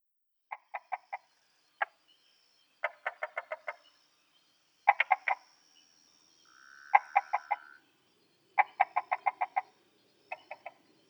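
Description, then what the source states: Tree frog calls in short irregular bursts of clicking pulses, with one brief steady hum partway through and a faint high tone behind. Taiwan.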